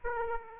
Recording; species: mosquito wingbeat signal from an infrared sensor; Aedes aegypti